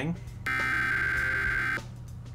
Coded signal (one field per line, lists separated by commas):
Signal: Emergency Alert System (SAME) tones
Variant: header bursts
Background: speech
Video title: [READ DESC] How To Make An EAS Mock!